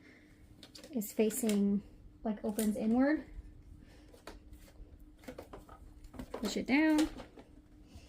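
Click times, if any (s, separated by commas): none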